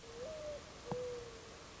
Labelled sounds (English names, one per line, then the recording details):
Mourning Dove
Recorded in Sonoma County, California